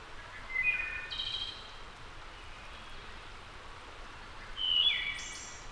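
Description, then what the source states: Wood thrush song: two separated fluty phrases of clear whistled notes, the second ending in a high, thin trill, over a soft hiss like light rain. Labelled as a return.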